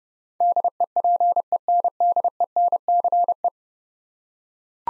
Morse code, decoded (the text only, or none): DEPENDENCE